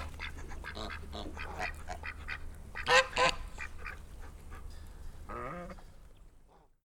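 Goose: geese honking, a jumble of nasal, overlapping calls with two loud honks near the middle and a drawn-out call later, over a steady low rumble.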